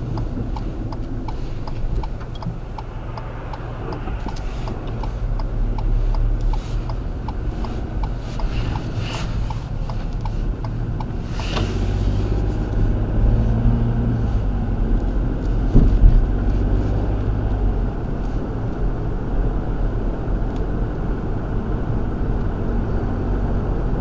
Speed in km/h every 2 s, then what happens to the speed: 5, 0, 0, 0, 13, 16, 26, 31, 37, 40, 42, 45.
1-6 standing. 6-24 pulls away to 45.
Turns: 7-13.